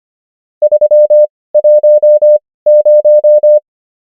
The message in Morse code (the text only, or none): 310